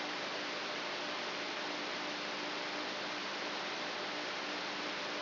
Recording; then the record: brain microelectrode recording played as sound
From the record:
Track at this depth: inside the subthalamic nucleus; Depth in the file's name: 6.216 mm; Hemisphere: left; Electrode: 3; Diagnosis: Parkinson's disease